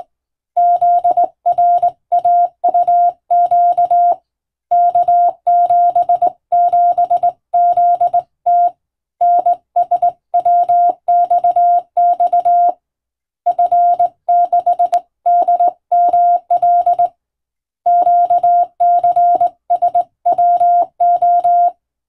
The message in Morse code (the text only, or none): ZRAUQ K77ZT NSWXX F6DML QCSWO